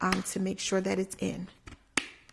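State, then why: Seated. Someone talks while pressing the outer plastic pieces of a Willow Go wearable breast pump collection container together. A sharp snap at 2.0 s, with faint ticks just before and after, confirms the container piece has snapped shut and is seated.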